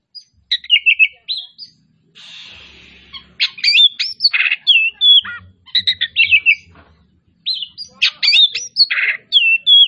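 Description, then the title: Oriental magpie-robin song in separate bursts: sharp upslurred whistles, scratchy notes and quick trills, with a brief hiss and short silences between phrases. Described as 'gacor', meaning singing vigorously and nonstop; 'Tretes' type. "Kacer Tretes"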